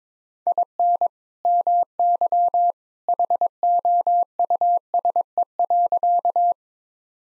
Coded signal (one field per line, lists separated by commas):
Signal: Morse code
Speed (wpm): 22 wpm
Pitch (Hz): 700 Hz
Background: none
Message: IN MY HOUSE.